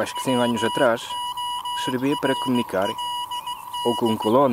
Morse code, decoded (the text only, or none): WORLD